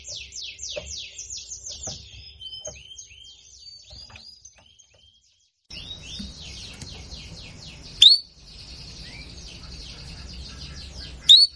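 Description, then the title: Canary song of quick descending sweeps and trills, briefly silent midway, then resuming with more rapid sweeping notes and two sharp loud chirps. Belgian canary song used to stimulate canaries; said to be a female canary in heat, played as therapy for canaries that stopped singing. "Canto Para Esquentar Canário Belga. Pancingan suara kenari betina birahi untuk TERAPI KENARI MACET bunyi"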